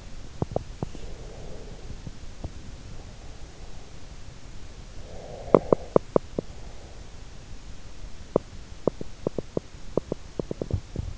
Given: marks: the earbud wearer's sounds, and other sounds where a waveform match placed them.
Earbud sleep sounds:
sounds in sleep by an in-ear microphone; teeth grinding, breath
0.33-2.70 s: teeth grinding
0.33-3.10 s: breath
5.09-7.35 s: breath
5.30-11.18 s: teeth grinding

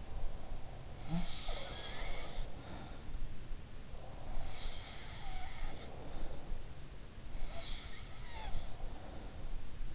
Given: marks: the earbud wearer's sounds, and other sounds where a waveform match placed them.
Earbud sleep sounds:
sounds in sleep by an in-ear microphone; breath
0.00-0.95 s: breath
0.96-3.16 s: sound from someone else or the room
3.92-6.66 s: sound from someone else or the room
7.42-9.56 s: sound from someone else or the room

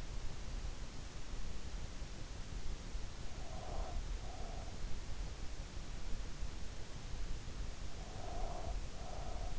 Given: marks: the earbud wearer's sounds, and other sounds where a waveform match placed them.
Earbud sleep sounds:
sounds in sleep by an in-ear microphone; breath
3.49-4.76 s: breath
8.13-9.59 s: breath

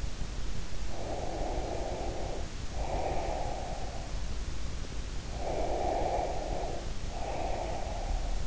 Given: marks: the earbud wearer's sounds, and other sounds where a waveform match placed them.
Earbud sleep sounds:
sounds in sleep by an in-ear microphone; breath
0.85-4.16 s: breath
5.28-8.46 s: breath

